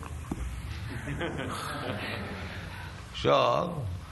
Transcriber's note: laughter